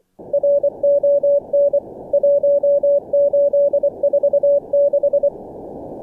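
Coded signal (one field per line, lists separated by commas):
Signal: Morse code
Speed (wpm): 24 wpm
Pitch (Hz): 570 Hz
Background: radio noise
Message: RON 1846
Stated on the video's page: Simulated CW contest traffic from the Morse Runner 1.68 contest simulator software.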